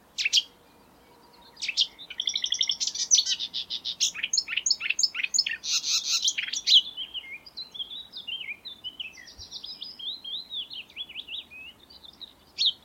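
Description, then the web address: Marsh warbler singing a long, hurried medley of chattering trills, nasal buzzes and scratchy notes, flowing into thinner rising and falling whistled phrases. Song recorded in May 2020. "geluiden bosrietzanger mei 2020 zang"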